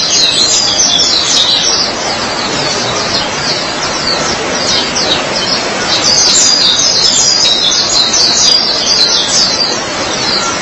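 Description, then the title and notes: White-eye song, a continuous high-pitched twitter of quick chirps and trills over constant background hiss. "Suara kicauan burung pleci"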